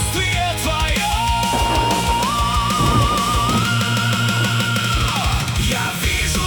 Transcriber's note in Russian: Разряд грома